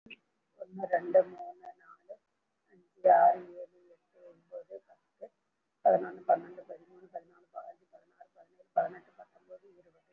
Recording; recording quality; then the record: counting at a fast pace; excellent, no background noise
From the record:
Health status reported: recovered from COVID-19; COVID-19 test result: positive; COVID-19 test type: RT-PCR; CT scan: taken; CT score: 2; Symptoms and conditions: cough, cold, breathing difficulty, sore throat, fatigue, muscle pain, asthma, another respiratory illness, hypertension, diabetes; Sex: female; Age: 49 years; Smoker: no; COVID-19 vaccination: both doses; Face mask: worn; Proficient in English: no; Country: India